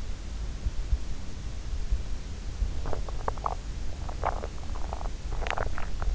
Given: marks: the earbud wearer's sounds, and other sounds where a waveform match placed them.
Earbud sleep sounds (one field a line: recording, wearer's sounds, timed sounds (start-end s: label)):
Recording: sounds in sleep by an in-ear microphone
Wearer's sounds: teeth grinding, swallowing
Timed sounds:
2.77-3.70 s: teeth grinding
3.96-5.22 s: swallowing
5.34-6.15 s: teeth grinding